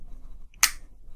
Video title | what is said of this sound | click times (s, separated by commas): Transformers Combiner Wars Protectobots Blades Deluxe Figure | Nice click there. | 0.6 s